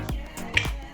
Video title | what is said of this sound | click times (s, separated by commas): Patients not feeling the nitrous oxide? | Did you hear the snap? I heard the snap. | 0.6 s